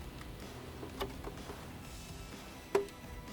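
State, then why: Seated. A wiring harness connector is pushed back onto the headlight bulb base of a Honda Passport / Isuzu Rodeo. Over a low steady background with a few faint ticks, a single sharp click sounds at 2.8 s as the connector seats.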